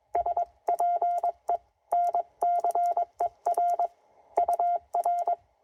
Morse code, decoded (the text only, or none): SPENCER UR